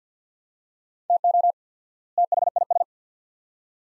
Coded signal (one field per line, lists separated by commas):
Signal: Morse code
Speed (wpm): 46 wpm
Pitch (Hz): 700 Hz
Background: none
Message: TO THIS